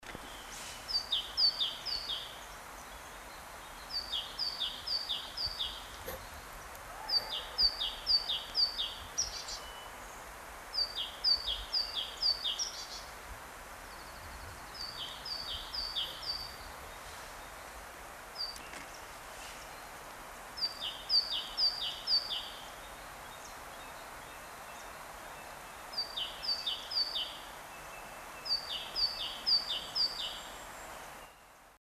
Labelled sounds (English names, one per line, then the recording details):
Great Tit song
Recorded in the wild
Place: Oberstdorf, Bayern, DE
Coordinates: 47.4208, 10.2464
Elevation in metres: 886
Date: 1979-04-10
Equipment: Uher 4000 Report
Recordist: Tretzel, Erwin
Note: Oberstdorf-Tiefenbach: Gesang "zidä"